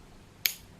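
The twist-up dose dial on a plastic tretinoin cream dispenser is turned at its base to advance one measured dose. A single sharp click at 0.5 s marks the mechanism clicking into its next position. There is no talk in the clip.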